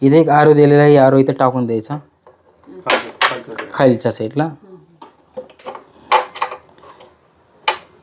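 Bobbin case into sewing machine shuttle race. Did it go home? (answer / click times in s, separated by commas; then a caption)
yes / 7.7 s. Someone talks while lining up the arrows and pushing a bobbin case into the shuttle race of a Usha electric sewing machine from the lower side, with small clicks and handling taps along the way. A sharp, loud snap at 7.7 s marks the bobbin case seating in place.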